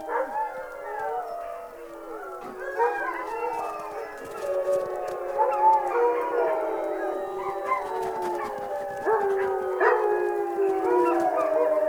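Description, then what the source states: Wolf: several wolves howling at once, a dense tangle of wavering, overlapping howls rising and falling, growing louder toward the middle and staying busy to the end. Wolves howling at the moon.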